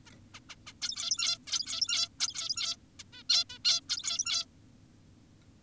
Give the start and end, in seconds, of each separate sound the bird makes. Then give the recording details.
0.06-0.11, 0.34-0.40, 0.50-0.56, 0.67-0.74, 0.82-1.38, 1.47-2.08, 2.20-2.76, 3.00-3.04, 3.13-3.23, 3.30-3.44, 3.50-3.58, 3.65-3.81, 3.89-4.46. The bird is an adult. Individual g17y2U